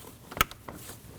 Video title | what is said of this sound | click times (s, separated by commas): How to Replace MAP Sensor 2013-2015 Subaru XV Crosstrek 2.0L H4 | To reinstall the connector, simply push it in until you hear it click. | 0.4 s